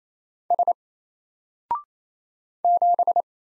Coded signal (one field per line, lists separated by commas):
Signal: Morse code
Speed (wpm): 27 wpm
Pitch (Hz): 700 Hz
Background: none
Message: S 7